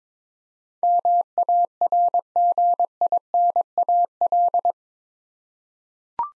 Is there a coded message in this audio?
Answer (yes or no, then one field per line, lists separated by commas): yes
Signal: Morse code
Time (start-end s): 0.8-4.7 s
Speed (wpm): 22 wpm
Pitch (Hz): 700 Hz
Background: none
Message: MARGINAL